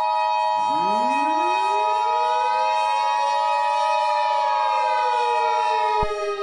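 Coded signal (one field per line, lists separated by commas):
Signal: Emergency Alert System (SAME) tones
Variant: 853 and 960 Hz attention tone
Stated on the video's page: Fictional EAS scenario.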